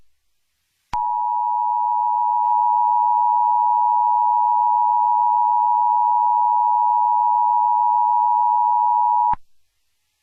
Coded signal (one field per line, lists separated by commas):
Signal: Emergency Alert System (SAME) tones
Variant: 853 and 960 Hz attention tone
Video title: EAS Scenario #12 | The Springtrap Killer | A FNAF Scenario